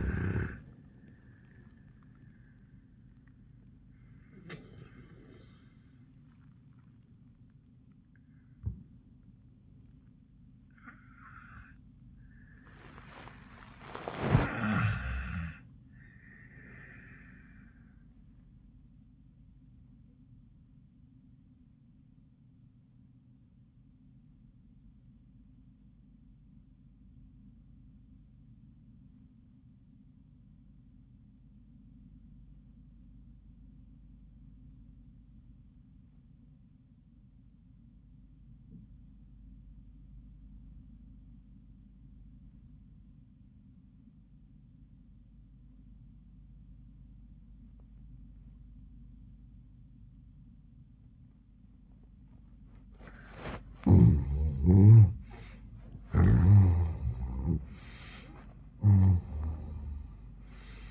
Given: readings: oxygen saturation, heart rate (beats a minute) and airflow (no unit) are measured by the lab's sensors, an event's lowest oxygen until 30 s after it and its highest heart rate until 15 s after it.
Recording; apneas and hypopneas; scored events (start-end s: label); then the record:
breathing in sleep by a smartphone at the bedside; 1
4.00-34.00 s: new sleep stage, N1 (lightest sleep)
13.00-55.00 s: obstructive apnea (N1, oxygen 96% highest, then 65% lowest, heart rate 89 at the start, 104 highest)
34.00-60.91 s: new sleep stage, REM sleep
From the record:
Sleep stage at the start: REM sleep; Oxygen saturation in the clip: 66 to 96%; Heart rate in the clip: 70 to 105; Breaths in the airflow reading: 4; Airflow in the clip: -37.6 to 27.5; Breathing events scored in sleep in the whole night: 400 in 8.7 hours asleep